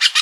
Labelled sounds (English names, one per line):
Brown-throated Parakeet contact call